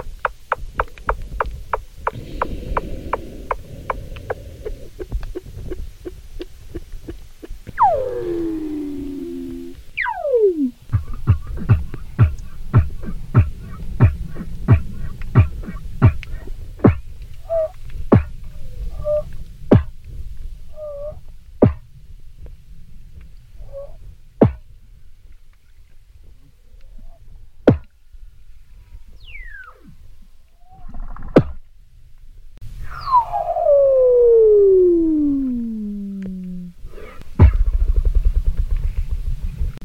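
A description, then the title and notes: Weddell seal calls: rapid trains of sharp clicks and pulses fill much of the stretch, thick early, then sparser with short chirps. Long descending whistles sweep down near 8 and 11 seconds, and a loud falling trill around 33–37 seconds, over a low rumble. Eerie Sounds of Weddell Seals. Antarctica Weddell seals make extraordinary vocalizations both underwater and on top of the sea ice.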